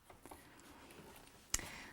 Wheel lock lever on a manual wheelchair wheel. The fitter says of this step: you really have to push down to set that lock you can hear that second that snap and then that sets the wheelchair